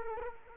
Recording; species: mosquito wingbeat signal from an infrared sensor; Culex quinquefasciatus